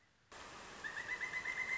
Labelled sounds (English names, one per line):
Pileated Woodpecker